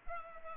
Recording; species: mosquito wingbeat signal from an infrared sensor; Culex pipiens